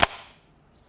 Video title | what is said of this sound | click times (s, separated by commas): Double Snap Trim New Construction Casing Installation Video | after you've got it crimped you just take it pop it in the hole and it locks into place | 0.0 s